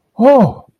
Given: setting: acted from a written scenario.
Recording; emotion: vocal sound without words; distress